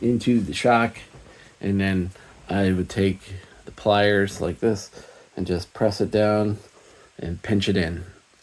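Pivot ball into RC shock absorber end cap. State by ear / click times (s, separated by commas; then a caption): not seated / none. A plastic RC shock rod end cap is handled with pliers, about to be pressed down over a metal pivot ball for a new shock on an SCY 16101 / SG611 truck. Someone talks throughout, and nothing has snapped in or seated yet.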